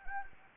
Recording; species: mosquito wingbeat signal from an infrared sensor; Anopheles gambiae